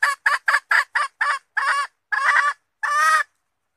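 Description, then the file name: Red junglefowl hen clucking: six quick harsh notes, then three longer, drawn-out nasal calls spaced further apart. Female red junglefowl (hen) calling to find a mate. "tieng ga rung mai keu tim kiem ban tinh"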